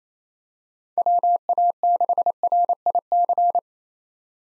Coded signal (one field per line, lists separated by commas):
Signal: Morse code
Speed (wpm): 28 wpm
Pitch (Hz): 700 Hz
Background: none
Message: WA6RIC